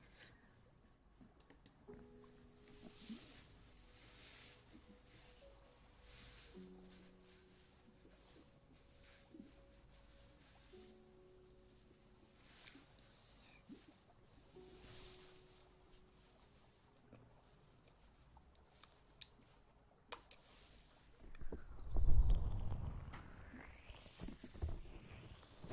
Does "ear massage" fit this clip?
yes